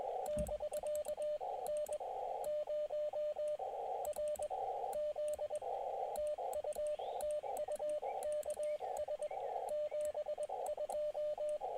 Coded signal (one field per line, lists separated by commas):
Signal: Morse code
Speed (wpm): 20 wpm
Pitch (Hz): 600 Hz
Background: radio noise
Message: <BK> N0RZ TU TU KS 72